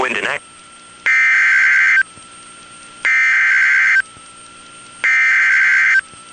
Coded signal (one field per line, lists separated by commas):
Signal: Emergency Alert System (SAME) tones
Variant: header bursts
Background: speech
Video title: Real NOAA Weather Radio EAS Alert #329